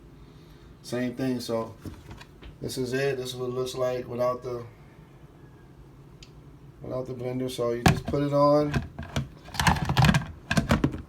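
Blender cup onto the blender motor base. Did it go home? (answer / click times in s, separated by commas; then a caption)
yes / 10.5 s. Someone talks while setting the plastic blender cup of a Nutribullet Combo 1000 watt blender onto its motor base and turning it until it locks. A few small rattles come first, then the strongest click at 10.5 s as the cup seats on the base.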